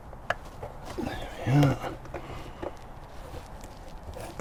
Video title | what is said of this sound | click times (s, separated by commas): Full Service on a Keeway RKF 125 Motorbike | nice positive click on the plug lead right | 0.3 s